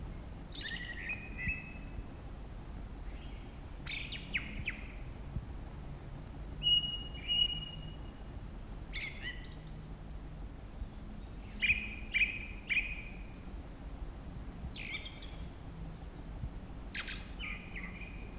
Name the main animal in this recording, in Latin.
Turdus torquatus